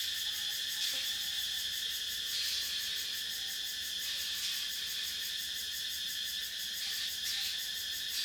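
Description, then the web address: Cicada: a thick wall of cicada and insect buzzing, steady and rhythmically pulsing. Forest cicadas with other insects, recorded at night in a forest in Thailand. "Charlie Atanasyan - Thailand sound library by Faunethic Forest cicadas"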